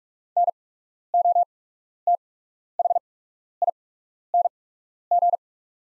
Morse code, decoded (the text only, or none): NOTHING